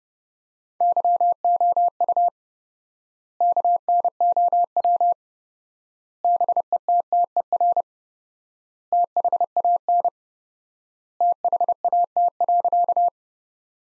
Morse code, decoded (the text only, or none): YOU KNOW BETTER THAN THAT.